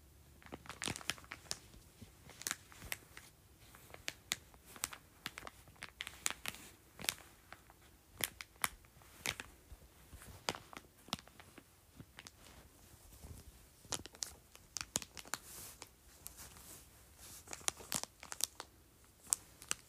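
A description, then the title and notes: An ice pack is crinkled and squeezed, giving a busy run of sharp, bright crackles and snaps that come in irregular clusters throughout. Brief pauses separate some bursts, and a low, quiet hum sits underneath. Crinkling Ice Pack.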